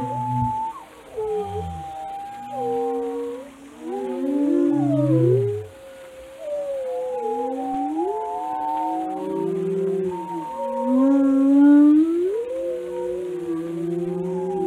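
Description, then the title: Whale moans: sliding tonal cries, upswept whistles and low rumbling groans overlap, rising and falling with short pauses. "Whale Watching: A Close Encounter with the Giants of the Sea"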